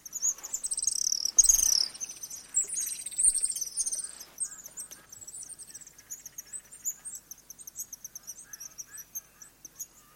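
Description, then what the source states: House swift chatter, a loud burst of shrill trilling at first, then steadier rapid twitters repeating quickly and softening toward the end. Adult.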